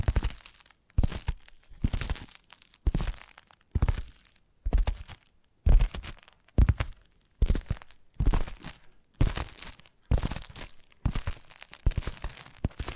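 Tapping triggers in quick bursts of dry, crinkly scratching and crunching, separated by short silences, repeating roughly every second throughout.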